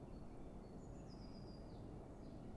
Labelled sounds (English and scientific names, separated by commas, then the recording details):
Eurasian Blue Tit (Cyanistes caeruleus)
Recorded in Germany
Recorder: ecoPi